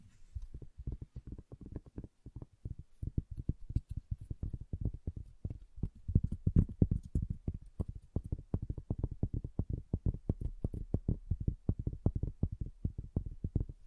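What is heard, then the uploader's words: Wood triggers: rapid, dense tapping and knocking on wood, several hollow, low clicks per second continuing unevenly throughout without pause. ASMR Calming Wood Triggers for Sleep (No Talking).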